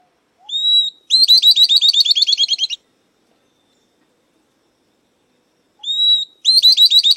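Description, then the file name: Southern beardless-tyrannulet song: a thin whistled note followed by a fast series of bright chattering notes, repeated twice with a pause. "Canto do Risadinha"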